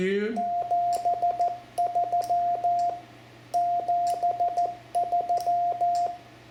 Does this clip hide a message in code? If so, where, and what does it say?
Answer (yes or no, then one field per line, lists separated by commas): yes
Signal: Morse code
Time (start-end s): 0.4-6.1 s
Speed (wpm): 14 wpm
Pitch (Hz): 700 Hz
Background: speech, radio noise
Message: 73 73